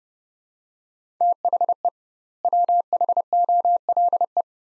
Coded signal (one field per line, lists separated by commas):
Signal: Morse code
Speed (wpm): 30 wpm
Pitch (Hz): 700 Hz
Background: none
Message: THE WHOLE